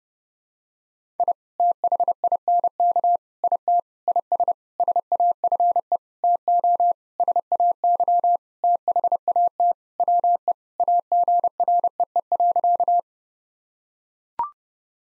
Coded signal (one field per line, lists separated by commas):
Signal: Morse code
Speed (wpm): 32 wpm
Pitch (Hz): 700 Hz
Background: none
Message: I THINK IT IS SAFE TO SAY THAT WE AGREE.